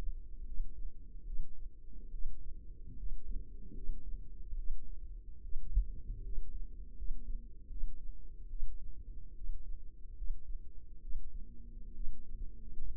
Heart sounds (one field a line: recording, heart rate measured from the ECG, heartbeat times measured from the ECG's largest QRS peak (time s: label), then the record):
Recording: heart sounds by microphone in the left ear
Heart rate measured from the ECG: 72 bpm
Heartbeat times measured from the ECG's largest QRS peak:
0.45 s: heartbeat
1.26 s: heartbeat
2.12 s: heartbeat
2.97 s: heartbeat
3.74 s: heartbeat
4.57 s: heartbeat
5.43 s: heartbeat
6.23 s: heartbeat
6.96 s: heartbeat
7.69 s: heartbeat
8.49 s: heartbeat
9.35 s: heartbeat
10.15 s: heartbeat
11.01 s: heartbeat
11.94 s: heartbeat
12.87 s: heartbeat
From the record:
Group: healthy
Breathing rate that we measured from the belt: 18 breaths a minute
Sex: female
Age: 22 years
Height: 163 cm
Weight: 67.1 kg